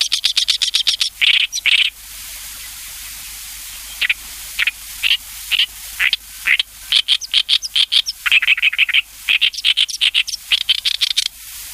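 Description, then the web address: Oriental reed warbler singing a loud, scratchy chatter of rapidly repeated harsh notes, broken by short pauses before the phrases resume. "sikioto. ooyoshikiri"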